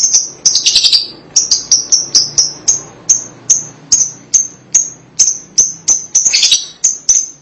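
Lovebird calls: sharp high chirps repeated about three times a second, with a brief dense chattering burst near the start and another near the end.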